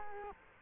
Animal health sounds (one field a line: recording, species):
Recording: mosquito wingbeat signal from an infrared sensor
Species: Culex quinquefasciatus